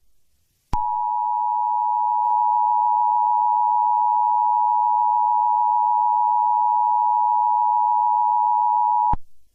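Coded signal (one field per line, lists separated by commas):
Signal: Emergency Alert System (SAME) tones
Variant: 853 and 960 Hz attention tone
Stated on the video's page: Simulated, fictional EAS scenario.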